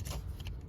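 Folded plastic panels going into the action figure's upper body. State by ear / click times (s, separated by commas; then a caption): seated / 0.5 s. Folded plastic panels on a Transformers Legacy Jhaxius Voyager Class action figure are pushed into the upper body section over a low rumbling background. They snap into place with a sharp click at 0.5 s, and the panels are seated.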